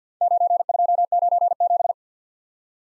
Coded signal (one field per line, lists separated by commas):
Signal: Morse code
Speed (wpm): 46 wpm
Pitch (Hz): 700 Hz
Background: none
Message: 9297